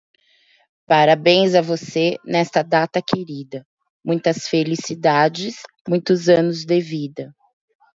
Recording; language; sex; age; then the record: short text; Brazilian Portuguese; female; 40 to 49 years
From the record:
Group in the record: control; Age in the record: 45 years